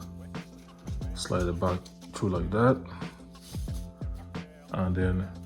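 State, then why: Not seated. A carrying strap is threaded back through the strap lock on a Soundcore Boom 3i portable speaker while someone talks over background music, with short handling knocks near 0.4 s, 0.9 s and 4.4 s. The strap has not locked into place yet, and nothing has seated or clicked.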